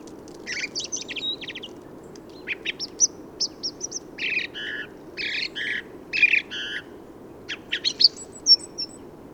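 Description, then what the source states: Song thrush giving clusters of buzzy and whistled notes, several repeated two or three times, with gaps between phrases, over steady low background noise. Autumn improvised song, 15 November 2020, Forêt de Valdrôme, France; thrushes staying in forest thanks to heavy whitebeam and rowan fruiting; recorded with Nagra Seven and Telinga parabola.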